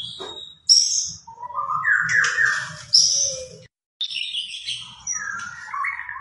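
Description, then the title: White-rumped shama song of mixed phrases: harsh rasping notes, sweet slurred whistles and a brief pause before more varied warbling, faint low hum behind. Lure recording of a constantly singing (gacor) white-rumped shama, played to make the bird respond at once. "PANCINGAN MURAI BATU GACOR"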